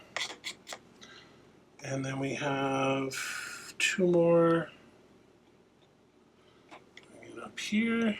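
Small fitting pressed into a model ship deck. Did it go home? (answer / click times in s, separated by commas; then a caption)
no / none. Small deck fittings (bits or vents) for a model ship kit are handled near their mounting holes in the deck while someone talks, with a few soft taps and light handling noises. Nothing has seated or clicked into place yet.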